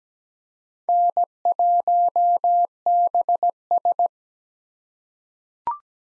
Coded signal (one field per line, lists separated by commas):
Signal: Morse code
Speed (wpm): 17 wpm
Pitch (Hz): 700 Hz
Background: none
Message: N1BS